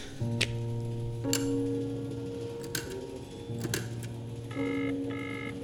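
A customs officer at a border crossing dials a telephone: sharp clicks land at uneven intervals over a steady droning tone, followed by two short, bright beeping tone bursts near the end. No one speaks.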